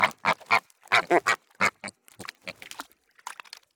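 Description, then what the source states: Duck quacks: a quick run of harsh, nasal calls, several close together, trailing off into softer, scattered notes. Poultry ducks.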